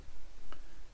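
While the rubber toothed drive belt on a Fysetc Voron V0.2 Pro Kit 3D printer is pulled to tension it, one tooth jumps past its holder in the belt tensioner/clamp. A single short, sharp click is heard at 0.5 s over a quiet background. The tooth has clicked through and seated.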